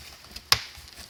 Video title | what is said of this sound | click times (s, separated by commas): 2011 Ford F150 rear glass shatter rant and how to replace | Just so we pull like this and get it to latch in. | 0.5 s